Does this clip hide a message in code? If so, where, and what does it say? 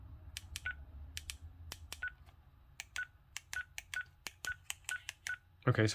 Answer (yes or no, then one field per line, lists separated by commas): no